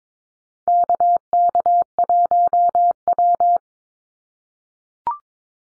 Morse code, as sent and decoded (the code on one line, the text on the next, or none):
-.- -.- .---- .--
KK1W